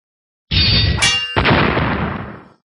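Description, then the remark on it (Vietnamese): A golden bell gives a loud metallic clang with bright, ringing tones, quickly followed by a second heavy crashing strike that rumbles and fades out over about a second, with no voices. “Đạo kiếm cùng reo vang, chuông vàng chấn động mãnh liệt, cổ tháp chìm nổi.”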